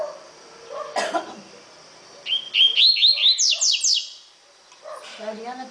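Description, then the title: Double-collared seedeater song: a quick run of bright, rising whistled notes that climbs into sharp high sweeps, with weaker chirps and low calls before and after. "Canto Coleiro"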